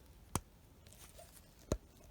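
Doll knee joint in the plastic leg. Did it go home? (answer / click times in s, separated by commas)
yes / 0.4 s, 1.7 s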